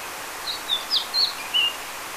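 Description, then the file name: Eurasian blackcap giving a short run of high, thin chirps, about five brief notes in under two seconds, over a soft steady hiss. "Sylvia atricapilla"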